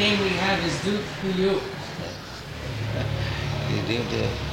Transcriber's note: laughing